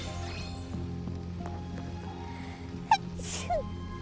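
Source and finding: Adult. Sneeze.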